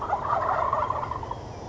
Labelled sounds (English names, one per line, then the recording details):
Wild Turkey
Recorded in Sonoma County, California